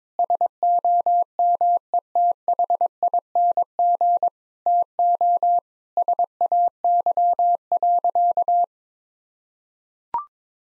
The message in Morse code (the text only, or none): SOMETHING TO SAY.